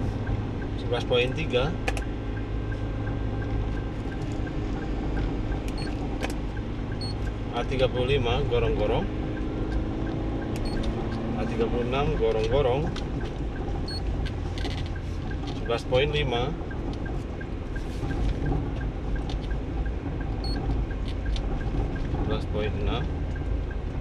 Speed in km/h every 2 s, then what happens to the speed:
52, 52, 53, 53, 53, 54, 54, 54, 54, 53, 53, 53.
0-24 steady at about 53.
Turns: none.